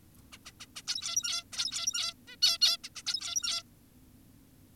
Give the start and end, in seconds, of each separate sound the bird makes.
0.33-0.38, 0.46-0.52, 0.60-0.66, 0.76-0.82, 0.88-1.44, 1.53-2.14, 2.28-2.36, 2.42-2.58, 2.62-2.77, 2.84-2.89, 2.96-3.02, 3.07-3.63